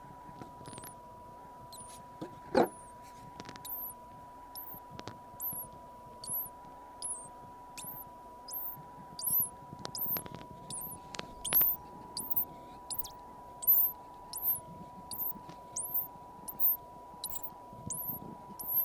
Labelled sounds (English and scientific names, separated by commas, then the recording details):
Hazel Dormouse (Muscardinus avellanarius)
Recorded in captivity
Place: Zoologisches Institut der HUB, Berlin, DE
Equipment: R 20/2
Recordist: TSA